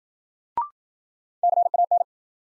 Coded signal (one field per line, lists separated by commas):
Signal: Morse code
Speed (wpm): 53 wpm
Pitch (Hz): 700 Hz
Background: none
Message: CAN